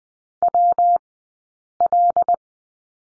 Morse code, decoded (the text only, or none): WL